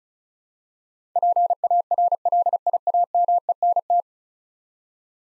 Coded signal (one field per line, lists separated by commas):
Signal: Morse code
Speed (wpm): 36 wpm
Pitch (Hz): 700 Hz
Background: none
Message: PARLIAMENT